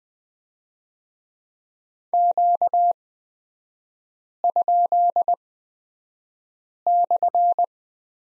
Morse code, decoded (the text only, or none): Q?/